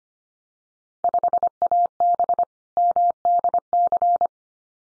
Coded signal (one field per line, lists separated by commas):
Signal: Morse code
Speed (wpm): 25 wpm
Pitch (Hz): 700 Hz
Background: none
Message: 5AB MDC